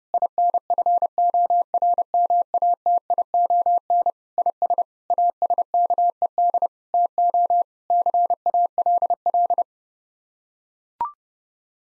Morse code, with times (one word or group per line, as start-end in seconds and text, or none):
0.1-4.1 INFORMATION
4.4-4.8 IS
5.1-6.7 ASKED
6.9-7.6 TO
7.9-9.6 CALL